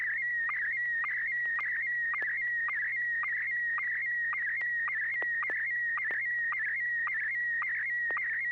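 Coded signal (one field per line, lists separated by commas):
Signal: SSTV (slow-scan television)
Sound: warbling tone around 2 kHz with regular short low chirps about twice a second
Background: low hum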